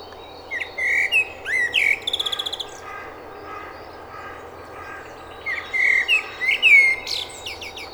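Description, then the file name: Common blackbird singing two phrases: fluty warbled whistles ending in a rapid high buzzy twitter, a pause of a few seconds, then another mellow phrase with squeaky flourishes. "Turdus merula"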